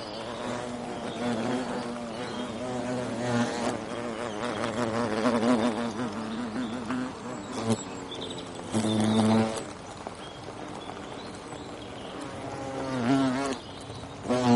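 European hornet in flight, a long wavering low buzz that rises and falls in pitch, with several louder surges and a few faint clicks.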